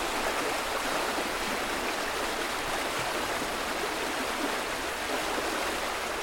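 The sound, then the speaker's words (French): Steady rain pours down in Saint-Martin-d'Air in a continuous, even hiss, a dense wash of fine patter with no pauses or changes across the whole stretch. No one speaks. “Le son de la pluie aussi, parce qu'il pleut beaucoup ici.”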